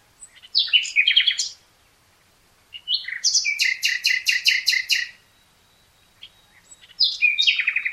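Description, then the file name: Common nightingale song: a varied opening phrase, then a long, steady series of repeated loud chirping notes, and another phrase starting at the end. "Luscinia megarhynchos"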